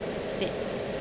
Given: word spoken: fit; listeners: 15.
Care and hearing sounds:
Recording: one English word in noise, from a listening test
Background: speech-shaped noise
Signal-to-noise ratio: -5.7 dB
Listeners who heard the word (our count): 2 of 15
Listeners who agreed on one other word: 7 of 15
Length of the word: 0.61 s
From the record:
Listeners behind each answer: 7, 4, 2, 1, 1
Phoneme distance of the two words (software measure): 10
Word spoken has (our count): 1 syllable, 3 phonemes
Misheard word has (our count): 1 syllable, 3 phonemes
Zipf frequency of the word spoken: 4.97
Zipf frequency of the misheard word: 6.10

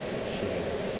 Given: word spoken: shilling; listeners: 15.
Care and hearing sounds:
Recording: one English word in noise, from a listening test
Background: speech-shaped noise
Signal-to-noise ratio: -6.1 dB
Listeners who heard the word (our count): 0 of 15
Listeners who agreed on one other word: 12 of 15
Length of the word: 0.59 s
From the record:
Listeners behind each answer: 12, 1, 1, 1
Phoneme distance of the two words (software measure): 47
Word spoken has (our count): 2 syllables, 5 phonemes, stress on syllable 1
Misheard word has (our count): 1 syllable, 4 phonemes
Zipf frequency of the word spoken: 3.30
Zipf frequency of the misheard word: 5.49

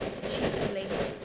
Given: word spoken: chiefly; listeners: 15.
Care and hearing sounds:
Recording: one English word in noise, from a listening test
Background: noise modulated by three-talker babble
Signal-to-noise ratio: -7.0 dB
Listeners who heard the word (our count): 1 of 15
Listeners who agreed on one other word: 11 of 15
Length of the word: 0.85 s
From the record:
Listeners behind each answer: 11, 1, 1, 1, 1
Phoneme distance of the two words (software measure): 10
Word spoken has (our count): 2 syllables, 5 phonemes, stress on syllable 1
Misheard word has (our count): 2 syllables, 5 phonemes, stress on syllable 1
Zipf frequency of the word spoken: 2.90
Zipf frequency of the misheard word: 3.46

